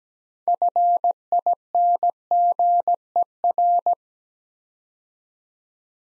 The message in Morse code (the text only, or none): FINGER